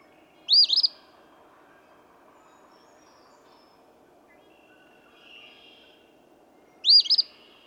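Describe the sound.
Eastern phoebe: two hoarse, buzzy phrases roughly six seconds apart, with a gentle wash of background noise and a faint bird between them.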